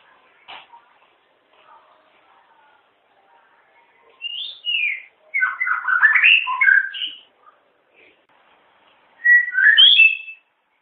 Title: murai batu